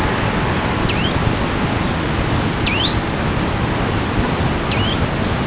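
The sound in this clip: Warbler calls, three short sharp notes that drop then rise, spaced about two seconds apart, over a loud steady hiss of background noise.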